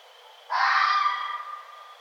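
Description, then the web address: Red fox letting out one raw, hoarse scream that trails off slowly, with a faint continuous high whine behind it. Recorded 1 November 2011. "sounds mammals Red Fox 2011 11 01 Red Fox"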